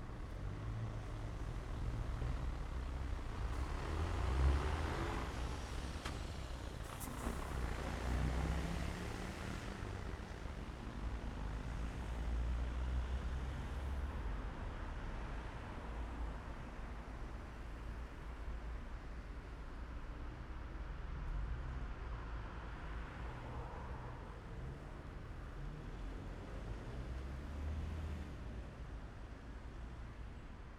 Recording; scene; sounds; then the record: everyday scene through a hearing-aid microphone; in traffic; traffic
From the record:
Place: main city hub, rush hour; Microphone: behind the ear, left, front